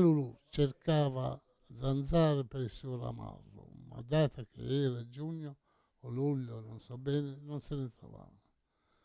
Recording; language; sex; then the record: read passage; Italian; male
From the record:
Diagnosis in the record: Parkinson's disease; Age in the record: 68 years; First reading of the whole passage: 85 s, 6.1 characters per second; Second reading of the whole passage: 63 s, 8.2 characters per second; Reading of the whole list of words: 49 s, 5.8 characters per second